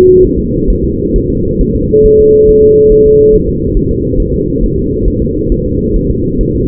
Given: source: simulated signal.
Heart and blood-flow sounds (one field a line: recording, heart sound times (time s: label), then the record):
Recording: fetal heart sounds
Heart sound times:
0.24 s: S1
0.39 s: S2
0.70 s: S1
0.84 s: S2
1.16 s: S1
1.30 s: S2
1.61 s: S1
1.76 s: S2
2.06 s: S1
2.20 s: S2
2.49 s: S1
2.63 s: S2
2.92 s: S1
3.06 s: S2
3.34 s: S1
3.48 s: S2
3.77 s: S1
3.91 s: S2
4.20 s: S1
4.34 s: S2
4.63 s: S1
4.78 s: S2
5.08 s: S1
5.22 s: S2
5.52 s: S1
5.66 s: S2
5.96 s: S1
6.11 s: S2
6.41 s: S1
6.55 s: S2
From the record:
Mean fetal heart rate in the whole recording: 135 bpm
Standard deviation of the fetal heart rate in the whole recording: 3 bpm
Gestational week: 36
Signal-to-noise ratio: -14.7 dB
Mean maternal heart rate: 72 bpm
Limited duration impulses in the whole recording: present